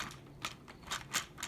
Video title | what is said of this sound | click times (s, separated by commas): Uchu Sentai Kyuranger Kyutama Gattai 11 DX Koguma Voyager & Ooguma Voyager Review | You hear snapping. | 0.5 s, 1.2 s